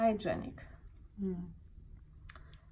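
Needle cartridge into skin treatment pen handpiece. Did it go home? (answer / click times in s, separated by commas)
yes / 2.3 s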